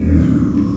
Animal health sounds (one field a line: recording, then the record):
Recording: squeal of a Yucatan mini pig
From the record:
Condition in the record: after surgery on the right vocal fold (resection and tissue-engineered implant)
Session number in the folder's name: 11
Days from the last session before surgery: 98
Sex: female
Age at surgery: 19 weeks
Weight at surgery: 25 kg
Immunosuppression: prednisolone